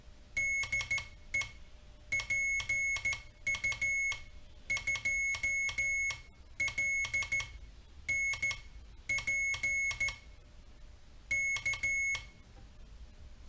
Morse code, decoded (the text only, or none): DE PU 2 L N P K